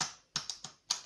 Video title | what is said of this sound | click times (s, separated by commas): Unboxing "canon Eos 1300d/Rebel T6 ('Français): splash440 | voilà petit clic | 0.9 s